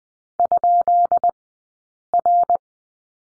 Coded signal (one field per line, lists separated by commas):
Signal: Morse code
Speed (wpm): 20 wpm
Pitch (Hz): 700 Hz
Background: none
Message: ?R